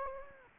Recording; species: mosquito wingbeat signal from an infrared sensor; Anopheles gambiae